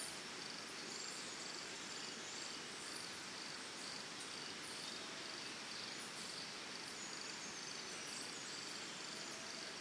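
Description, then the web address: Cricket sings a constant high pulsed trill over a dense background hiss. Early morning in Costa Rica, forest and jungle ambience. "Big Room Sound Birds Crickets Costa Rica Early Morning"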